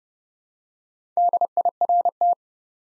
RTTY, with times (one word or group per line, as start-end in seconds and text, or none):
none